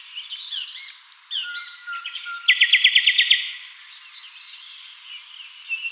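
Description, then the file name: Common nightingale song: scattered whistles, then a short loud burst of quickly repeated notes, with a chorus of other birds behind. "Luscinia megarhynchos"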